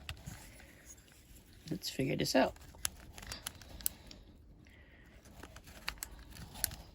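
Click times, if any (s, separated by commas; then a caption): 6.6 s. Someone talks while a lens is refitted onto a metal K&F Nikon F/AF to EF lens mount adapter after a failed attempt, with rustling handling noise and several sharp metallic ticks as it is twisted. The lens locks into the adapter with a click at 6.6 s and is confirmed seated.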